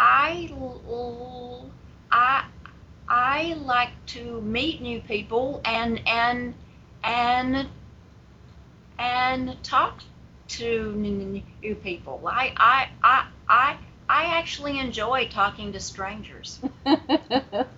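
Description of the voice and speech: An adult woman speaks with repeated part-words, the opening 'I' drawn out and said several times, stretched 'n' sounds, and a silent block of over a second before 'talk'. Fluent stretches follow. This is a pattern of stuttering.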